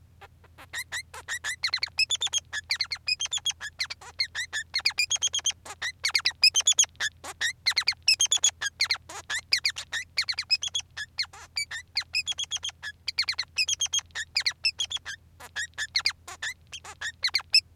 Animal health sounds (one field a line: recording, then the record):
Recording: song of a male Bengalese finch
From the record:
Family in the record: son of father 3